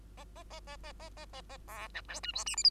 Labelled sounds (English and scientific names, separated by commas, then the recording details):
Bengalese Finch (Lonchura striata domestica) song
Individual Bird2